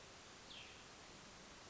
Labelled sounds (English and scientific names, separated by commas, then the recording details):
Cassin's Vireo (Vireo cassinii)
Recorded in Sonoma County, California